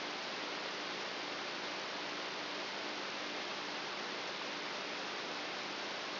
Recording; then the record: brain microelectrode recording played as sound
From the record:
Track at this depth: outside the subthalamic nucleus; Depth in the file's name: 8.1 mm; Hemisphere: right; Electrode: 2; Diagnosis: Parkinson's disease